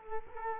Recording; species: mosquito wingbeat signal from an infrared sensor; Culex quinquefasciatus